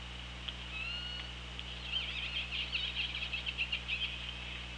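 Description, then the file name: Orca sounds under water: thin drawn-out whistles early, then a rapid burst of short squeaky pulsed calls for over two seconds, over constant low humming and hiss. OrcaLab underwater hydrophone, 24 August 2017, about 17:12. "Orca Lab 20170824 171249"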